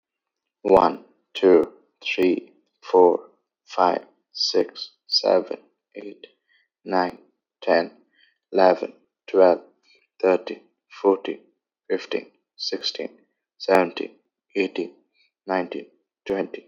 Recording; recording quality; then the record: counting at a normal pace; excellent, no background noise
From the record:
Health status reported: healthy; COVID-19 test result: not tested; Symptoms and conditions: none ticked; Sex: male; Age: 26 years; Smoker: not ticked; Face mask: not worn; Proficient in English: yes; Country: Canada